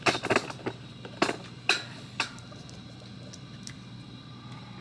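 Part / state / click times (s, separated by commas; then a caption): cable connector into 3D printer mainboard/back socket / not seated / none. A cable connector is handled at the back of an Artillery Hornet 3D printer as it is pushed toward its socket during assembly. Several sharp plastic-like handling taps and clatters come in the first 2.2 seconds, the strongest near 1.7 s, then only a low steady hum follows. Nothing has seated or clicked yet.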